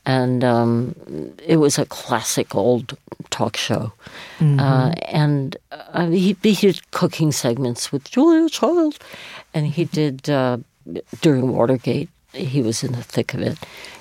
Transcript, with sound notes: And it was a classic old talk show. And he did cooking segments with (impersonating Julia Child) Julia Child.
And he did - during Watergate, he was in the thick of it.